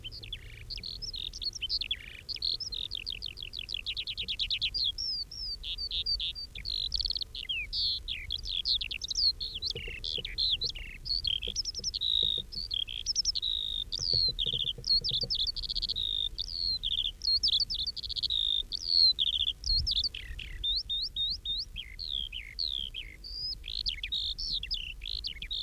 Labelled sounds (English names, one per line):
Eurasian Skylark song